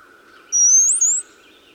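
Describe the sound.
Brown-headed cowbird: one thin, high whistle that holds level, then slides briefly upward before dropping back, over a low steady hum.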